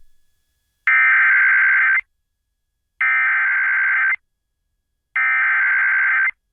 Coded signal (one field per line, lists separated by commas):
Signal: Emergency Alert System (SAME) tones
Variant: header bursts